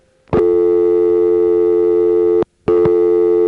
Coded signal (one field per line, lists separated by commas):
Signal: telephone call progress tone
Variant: North America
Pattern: dial tone